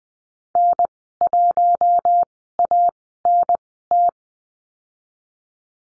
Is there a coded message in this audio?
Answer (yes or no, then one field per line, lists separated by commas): yes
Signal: Morse code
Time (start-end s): 0.6-4.1 s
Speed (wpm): 20 wpm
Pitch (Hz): 700 Hz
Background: none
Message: N1ANT